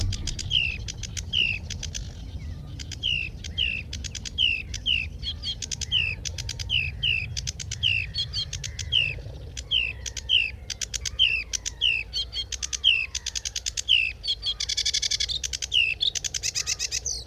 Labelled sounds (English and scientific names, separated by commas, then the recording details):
Sedge Warbler (Acrocephalus schoenobaenus) song
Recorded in the wild
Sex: male
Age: adult
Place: Wegle-Zukowo, Warminsko-Mazurskie, PL
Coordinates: 54.1, 19.45
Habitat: lake
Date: 1966-05-12
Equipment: Nagra III BH
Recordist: Schubert, Michael